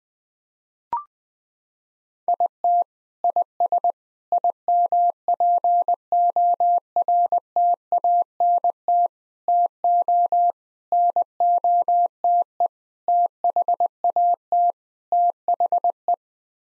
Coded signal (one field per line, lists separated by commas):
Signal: Morse code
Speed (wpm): 21 wpm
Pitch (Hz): 700 Hz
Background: none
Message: IT IS IMPORTANT TO NOTE THAT THE